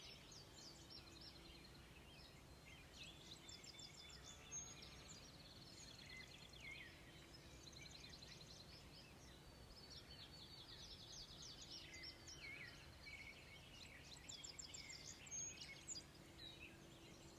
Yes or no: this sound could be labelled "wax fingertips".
no